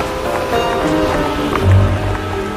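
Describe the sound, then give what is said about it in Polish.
Fine March drizzle mixed with snow drums steadily on tin roofs, a dense, even patter of tiny taps over a low rumble, with a slight swell near the end and no voices. “Deszcz drobny, marcowy deszcz pomieszany ze śniegiem padał wciąż i rozwłóczył nad łodzią ciężki, lepki tuman.”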